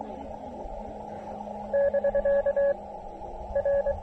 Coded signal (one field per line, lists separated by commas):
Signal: Morse code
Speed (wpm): 23 wpm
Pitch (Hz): 590 Hz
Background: none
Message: <BK> R